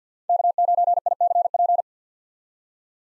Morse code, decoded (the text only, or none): K9ICP